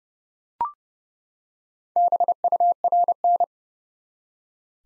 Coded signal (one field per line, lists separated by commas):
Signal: Morse code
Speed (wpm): 30 wpm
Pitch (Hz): 700 Hz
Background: none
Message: BURN